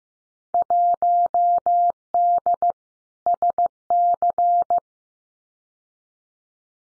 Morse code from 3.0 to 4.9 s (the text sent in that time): SC